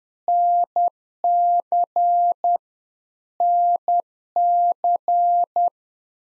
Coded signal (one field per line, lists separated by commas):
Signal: Morse code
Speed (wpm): 10 wpm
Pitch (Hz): 700 Hz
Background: none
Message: NC NC